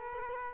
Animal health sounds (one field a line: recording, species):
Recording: mosquito wingbeat signal from an infrared sensor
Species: Culex quinquefasciatus